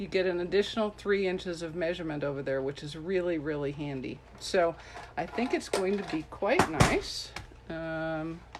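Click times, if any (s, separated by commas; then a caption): none. Someone talks while handling the plastic extension arm of a paper trimmer as it is pulled out from the trimmer base toward full extension. The arm has not locked into place yet, and nothing has seated or clicked.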